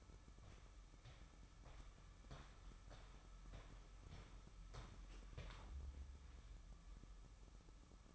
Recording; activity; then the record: daily activity, microphone in the room; walk to room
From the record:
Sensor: 1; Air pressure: 1008.2 hPa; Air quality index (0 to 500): 140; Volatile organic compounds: 2 ppm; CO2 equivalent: 1178 ppm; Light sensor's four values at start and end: 11/25/10/11 and 11/25/10/11